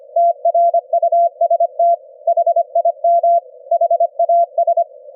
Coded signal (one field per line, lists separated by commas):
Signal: Morse code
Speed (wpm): 25 wpm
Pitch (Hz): 680 Hz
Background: none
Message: TRUST HIM HAS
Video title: sending Morse Code on the ELF BAND at 25 hertz at 25 wpm - receive with QUISK SDR